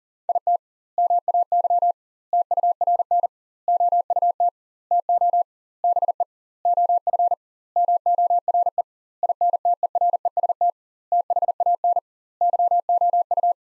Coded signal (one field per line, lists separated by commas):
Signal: Morse code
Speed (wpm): 40 wpm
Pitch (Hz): 700 Hz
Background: none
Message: IT MAY TURN OUT TO BE OF MORE INTEREST THAN YOU